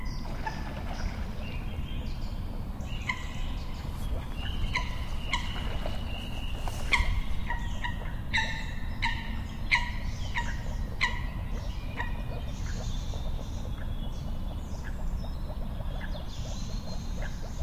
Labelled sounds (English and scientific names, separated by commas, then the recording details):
Eurasian Coot (Fulica atra) call
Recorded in the wild
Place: Bernau bei Berlin, Barnim, Brandenburg, DE
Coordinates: 52.68, 13.5019
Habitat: lake
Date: 2012-03-25 20:05
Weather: 9°C, clear, nearly windless
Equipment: Sound Devices 702, Sennheiser MKH 415 T, Rhode Windschutz
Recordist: Frommolt, Karl-Heinz